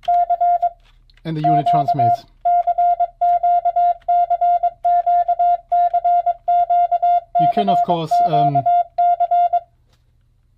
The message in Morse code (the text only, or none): CQ CQ CQ CQ CQ C